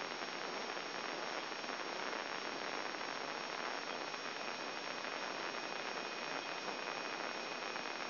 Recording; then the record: brain microelectrode recording played as sound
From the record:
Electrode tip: outside the subthalamic nucleus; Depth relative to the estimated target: -3.5 mm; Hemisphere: left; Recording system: AlphaMap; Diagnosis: Parkinson's disease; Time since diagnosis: 7 years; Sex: male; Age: 59 years